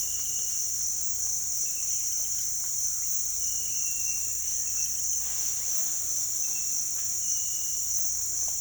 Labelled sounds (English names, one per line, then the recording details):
none
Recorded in pastures near Puerto Asís, Putumayo, Colombia, on 16 December 2024 at 06:30
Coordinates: 0.466, -76.322
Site G040